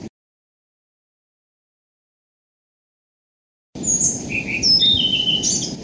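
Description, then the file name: Blue-throated flycatcher song begins after a long silence: a rapid series of bright, high whistled notes, some falling, over a low hum. "kicau-sikatan-blue-throated -omkicau"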